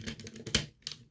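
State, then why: Seated. A plastic robot component is pushed firmly into the body of a combined toy robot figure, with light plastic ticks and rattles leading up to it. A sharp, loud click at 0.6 s shows the component seating into the body, followed by a couple of softer clicks near 0.9 s.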